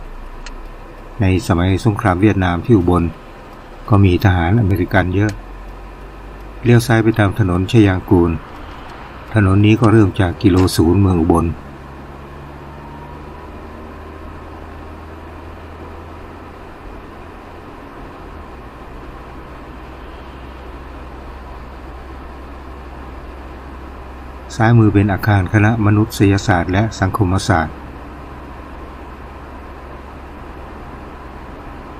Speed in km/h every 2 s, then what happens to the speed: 6, 7, 10, 14, 17, 24, 32, 37, 38, 41, 42, 44, 45, 46, 47, 47.
0-32 speeds up to 47.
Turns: none.